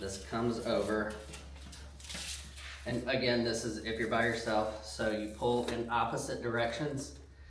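A single rescuer handles a pelvic sling on a training patient, bringing one end over and pulling the two ends in opposite directions to tighten it while someone talks. The buckle has not clicked or locked yet.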